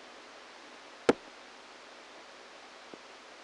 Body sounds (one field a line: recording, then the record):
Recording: brain microelectrode recording played as sound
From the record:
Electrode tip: inside the subthalamic nucleus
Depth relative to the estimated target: 2 mm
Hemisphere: right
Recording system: NeuroSet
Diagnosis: Parkinson's disease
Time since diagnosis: 14 years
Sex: male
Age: 51 years